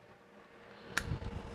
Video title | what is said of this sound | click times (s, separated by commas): FLEX vs Milwaukee (8ah 21700 Cell Batteries) | and lock into place then you're good to go all day see | 1.0 s